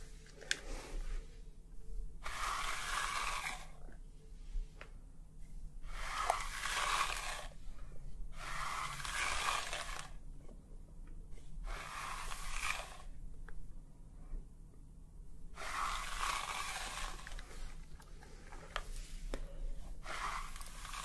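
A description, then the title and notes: Foamy scalp massage during a hair wash, heard as bursts of soft, bright crackling and squishing that come in waves roughly every two to three seconds. Between the bursts a low, steady hum carries on, with occasional small clicks and taps. ASMR Scalp Massage and Hair Wash Treatment Roleplay for Sleep foamy scalp layered sounds.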